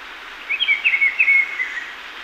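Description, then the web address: Black-billed peppershrike uttering a brisk warbled run of slurred notes that rise and dip, with steady hiss behind. Ecuador. "Natures Songs S America Birds of Ecuador Black-billed Peppershrike"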